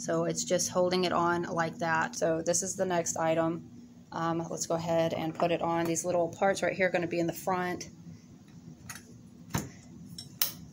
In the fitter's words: There we go. It's locked into place.